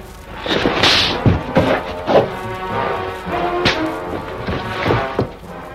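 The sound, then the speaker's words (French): In the film Le Doulos, a series of hard, sharp slaps to a woman's face knocks her down onto the carpet. The slaps land at uneven intervals, each a loud crisp smack, about five or six in all, over a steady humming tonal background with no talking. “De magistrales paires de gifles ont étendu Thérèse sur le tapis.”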